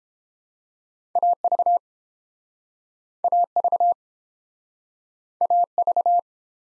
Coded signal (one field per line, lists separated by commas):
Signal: Morse code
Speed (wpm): 31 wpm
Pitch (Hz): 700 Hz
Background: none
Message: AV AV AV